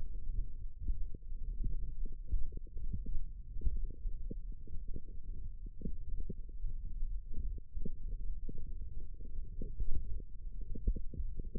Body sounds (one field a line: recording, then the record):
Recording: forearm muscle sounds (acoustic myography)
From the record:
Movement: hook grip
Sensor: system 1, eight BSWA MPA416 microphones around the upper forearm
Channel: 6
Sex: female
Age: 21 years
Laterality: right